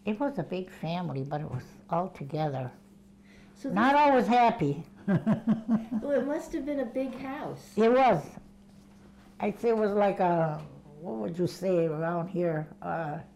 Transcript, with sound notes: it was a big family, but it was altogether not always happy. ( she laughs )
Well, it must have been a big house.
It was. It was like a, what would you say around here, uh,